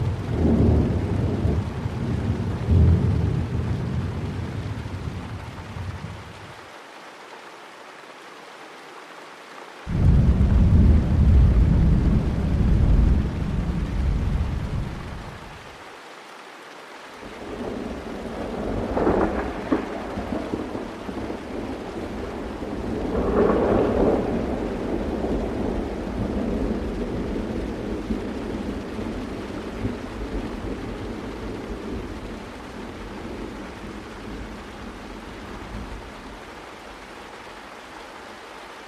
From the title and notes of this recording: Rain & Thunder Sleep Sounds for Relaxing.